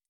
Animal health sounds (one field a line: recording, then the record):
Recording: hydrophone in a shrimp aquaculture tank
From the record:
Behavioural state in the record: feeding